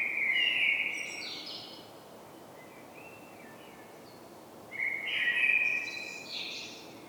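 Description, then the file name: Common blackbird with a fluty phrase ending in high squeaky notes, a pause, a few soft notes, then another mellow warble with a thin twittering tail. "Turdus merula"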